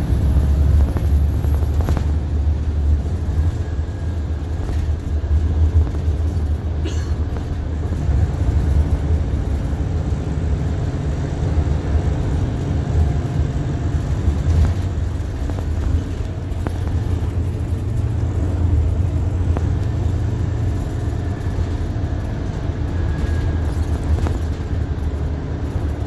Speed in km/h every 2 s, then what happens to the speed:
52, 50, 48, 47, 47, 44, 40, 39, 40, 39, 37, 34, 31.
0-9 steady at about 48. 9-14 slows to 39. 17-26 slows to 31.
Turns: none.